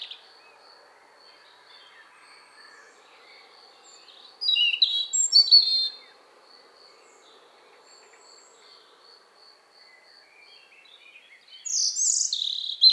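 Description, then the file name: European robin delivering two jumbled, high warbling phrases several seconds apart, separated by quiet gaps filled with a soft, evenly pulsing high tone. "Erithacus rubecula"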